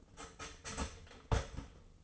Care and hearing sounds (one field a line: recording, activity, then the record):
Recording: daily activity, microphone in the room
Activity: start toaster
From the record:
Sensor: 4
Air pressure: 1010.0 hPa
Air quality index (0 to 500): 181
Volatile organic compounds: 5 ppm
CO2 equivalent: 1832 ppm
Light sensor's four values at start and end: 22/67/26/26 and 22/67/26/26